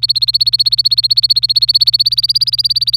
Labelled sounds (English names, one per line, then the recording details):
Domestic Canary song
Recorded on 26 April 2018 at 10:27
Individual llb3